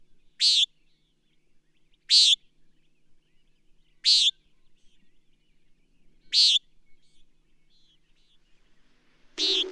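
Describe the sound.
Bird chirping: five crisp, high, buzzy notes, each short, about two seconds or more apart, against a quiet background.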